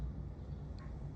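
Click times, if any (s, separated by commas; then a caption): none. Someone handles the plastic locking yoke (secondary terminal lock) on the quick shifter wiring connector of a 2021 Triumph Street Triple RS, pushing it back into the connector housing after repinning the quick shifter for GP shift. Only steady low-frequency background noise and faint handling sounds are heard. Nothing has seated or clicked yet.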